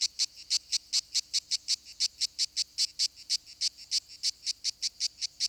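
Lyristes plebejus: cicada song, a series of sharp buzzy pulses at a brisk, slightly uneven pace, high and rasping, continuing throughout.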